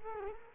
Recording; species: mosquito wingbeat signal from an infrared sensor; Culex quinquefasciatus